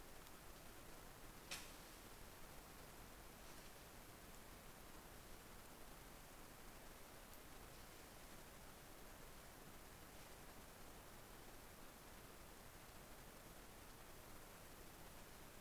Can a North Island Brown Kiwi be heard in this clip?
no